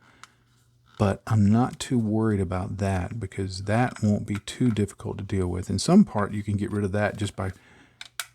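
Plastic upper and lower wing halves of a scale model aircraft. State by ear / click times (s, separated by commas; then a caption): seated / 8.0 s, 8.2 s. Someone talks while dry fitting the plastic upper and lower wing halves of an Eduard 1/48 P-39L Airacobra scale model kit, then presses the halves together to remove a small step at the seam. The styrene parts give sharp popping clicks at 8.0 s and 8.2 s as they snap into alignment and seat.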